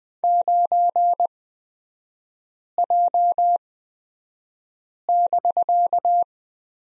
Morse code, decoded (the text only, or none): 9J<BK>